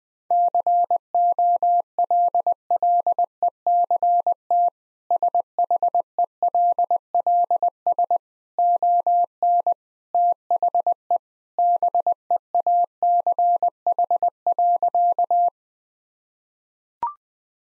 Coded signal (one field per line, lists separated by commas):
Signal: Morse code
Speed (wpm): 20 wpm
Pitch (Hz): 700 Hz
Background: none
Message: COLLECT SHELLS ON THE BEACH.